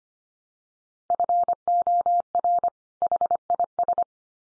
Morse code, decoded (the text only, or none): FOR HIS